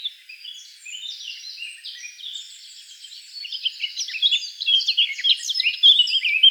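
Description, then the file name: Eurasian blackcap song, soft, scratchy twittering at first, swelling after about four seconds into a louder, quicker warble of sharp high notes. "Sylvia atricapilla"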